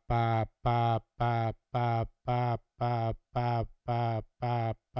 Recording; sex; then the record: repeated syllable /pa/; male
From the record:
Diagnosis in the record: Parkinson's disease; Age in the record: 70 years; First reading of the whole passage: 68 s, 7.6 characters per second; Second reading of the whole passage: 61 s, 8.4 characters per second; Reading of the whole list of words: 64 s, 4.4 characters per second